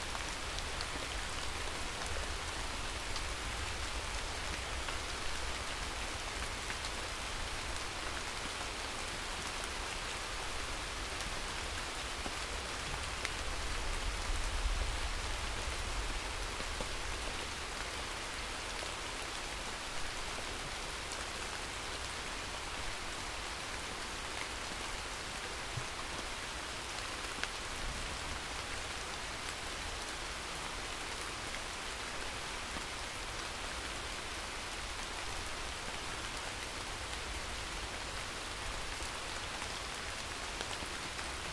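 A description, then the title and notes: Steady, dense rain patters evenly on surfaces throughout, with a faint low rumble of thunder swelling briefly around fifteen seconds in. Rain with Rolling Thunder.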